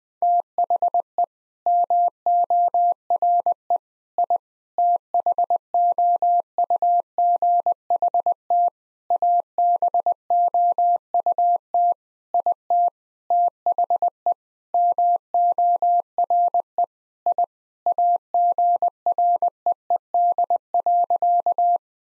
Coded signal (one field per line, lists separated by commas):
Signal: Morse code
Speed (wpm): 20 wpm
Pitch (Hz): 700 Hz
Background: none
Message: THE MORE I THOUGHT ABOUT IT THE MORE I AGREED.